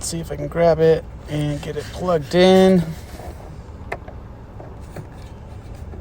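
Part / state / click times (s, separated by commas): wiring harness plug into tail light bulb holder connector / seated / 3.9 s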